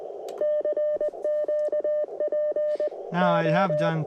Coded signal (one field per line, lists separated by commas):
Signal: Morse code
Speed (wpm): 20 wpm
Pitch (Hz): 590 Hz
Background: speech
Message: CQ PO